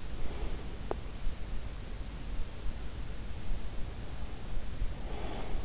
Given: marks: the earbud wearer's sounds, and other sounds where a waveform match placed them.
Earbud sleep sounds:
sounds in sleep by an in-ear microphone; breath
0.17-0.99 s: breath
0.88-1.10 s: sound from someone else or the room
5.01-5.64 s: breath

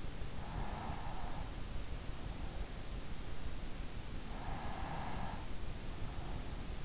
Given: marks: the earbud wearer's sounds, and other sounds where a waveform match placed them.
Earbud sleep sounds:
sounds in sleep by an in-ear microphone; breath
0.20-2.09 s: breath
4.31-6.85 s: breath

